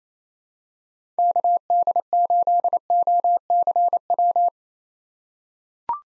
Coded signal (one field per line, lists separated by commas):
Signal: Morse code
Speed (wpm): 28 wpm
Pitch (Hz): 700 Hz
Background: none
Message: KD8OCW